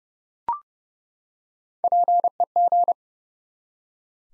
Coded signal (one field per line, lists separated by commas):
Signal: Morse code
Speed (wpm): 30 wpm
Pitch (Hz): 700 Hz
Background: none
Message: PEG